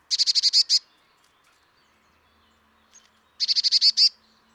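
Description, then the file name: Eurasian blue tit calls: two quick bursts of about seven high, buzzy notes, one at the start and one near the end, with a single soft note between. "Cyanistes caeruleus"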